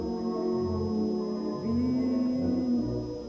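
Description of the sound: A steady, high-pitched whistle-like tone runs unbroken through the whole clip, laid over a voice reading aloud in German. It is a simulation of tinnitus: a constant ringing heard alongside ordinary sounds such as speech.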